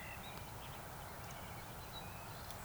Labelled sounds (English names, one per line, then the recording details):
Eurasian Woodcock whistle
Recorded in Baden-Württemberg, Germany, on 26 June 2021 at 19:37 UTC
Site 45499, 200 m above sea level